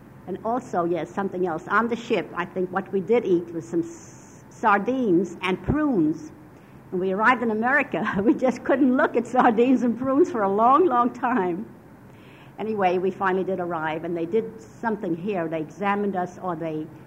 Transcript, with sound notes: and also, yes, something else, on the ship, I think, what we did eat was some sardines and prunes and when we arrived in America we just couldn't look at sardines and prunes (she laughs) for a long, long time. Anyway, we finally did arrive and they did something here they examined us or they